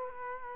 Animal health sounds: mosquito wingbeat signal from an infrared sensor; Culex quinquefasciatus

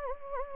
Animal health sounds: mosquito wingbeat signal from an infrared sensor; Anopheles gambiae

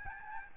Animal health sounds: mosquito wingbeat signal from an infrared sensor; Aedes albopictus

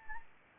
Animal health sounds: mosquito wingbeat signal from an infrared sensor; Anopheles arabiensis

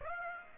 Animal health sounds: mosquito wingbeat signal from an infrared sensor; Aedes aegypti

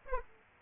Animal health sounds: mosquito wingbeat signal from an infrared sensor; Aedes aegypti

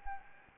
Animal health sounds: mosquito wingbeat signal from an infrared sensor; Anopheles gambiae

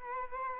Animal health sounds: mosquito wingbeat signal from an infrared sensor; Culex quinquefasciatus

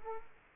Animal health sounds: mosquito wingbeat signal from an infrared sensor; Culex quinquefasciatus

